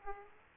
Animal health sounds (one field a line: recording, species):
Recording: mosquito wingbeat signal from an infrared sensor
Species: Aedes aegypti